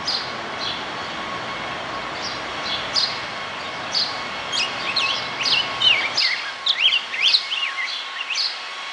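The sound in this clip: Rose-breasted grosbeak song, a quick run of rich, slurred warbled notes, busier in the second half, over a steady hum.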